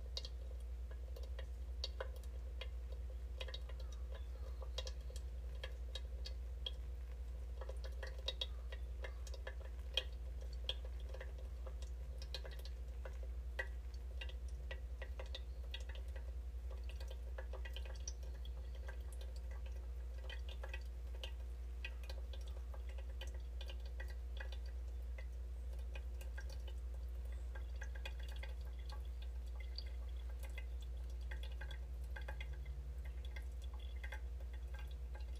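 Pour-over coffee being made, with scattered small drips, taps and light clinks of glass spread unevenly across the whole stretch. A steady low hum and a faint midrange drone run underneath throughout, unchanging.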